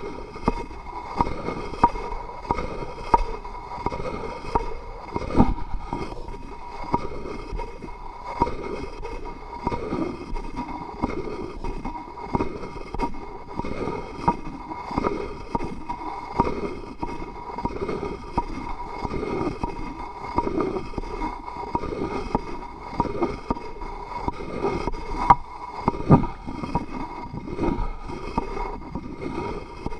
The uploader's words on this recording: Wood ASMR soothing tapping and rubbing triggers. A variety of tapping, rubbing, and more.